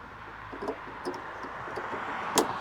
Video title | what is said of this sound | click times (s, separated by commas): BACKUP CAMERA INSTALLATION--Hyundai Santa Fe Sport 2013--2018 (Step by Step) | make sure you hear the snap you have to hear that snap | 2.4 s